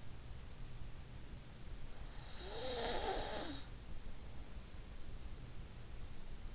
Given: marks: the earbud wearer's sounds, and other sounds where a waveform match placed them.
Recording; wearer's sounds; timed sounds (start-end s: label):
sounds in sleep by an in-ear microphone; snoring breath
2.38-4.12 s: snoring breath